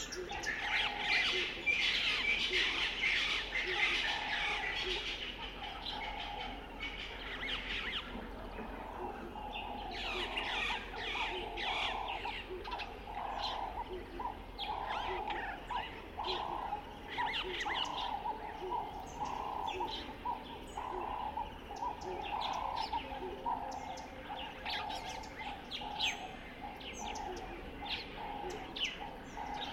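Around a dry stretch of the Limpopo River at the start of the rainy season, birds call steadily: dense chirps and squawks fill the first eight seconds, then give way to repeated, evenly spaced mid-pitched calls over a constant low hum and hiss.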